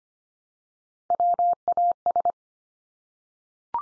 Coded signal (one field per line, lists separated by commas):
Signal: Morse code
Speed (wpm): 25 wpm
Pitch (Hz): 700 Hz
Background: none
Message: WAS